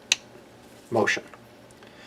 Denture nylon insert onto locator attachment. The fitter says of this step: vertically until i hear a loud snap